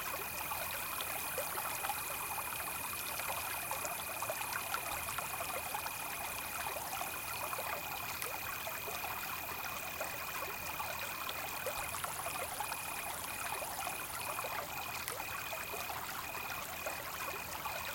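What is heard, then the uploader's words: A river trickles and splashes steadily through the night, with a constant high cricket drone and thin insect buzzing above the water. River at Night - one hour of Soothing Cricket and Water Sound.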